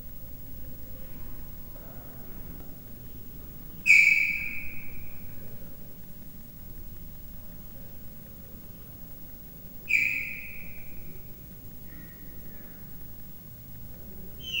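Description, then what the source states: Leopard cub chirping: two short, high falling chirps about six seconds apart, a faint third note later, over steady low background hum. Three-month-old leopard cub chirping, recorded at Miskolc Zoo, Hungary, 2009.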